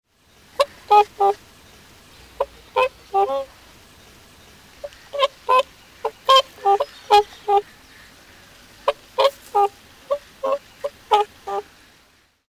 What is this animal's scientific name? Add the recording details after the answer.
Cygnus cygnus. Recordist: Tembrock, Günter. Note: Rufe eines Paares